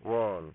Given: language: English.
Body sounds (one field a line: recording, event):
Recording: throat vibration sensor signal played as sound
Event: speech